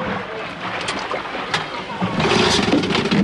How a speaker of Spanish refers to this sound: La lancha. Saltó a la lancha. Intentó poner el motor en marcha.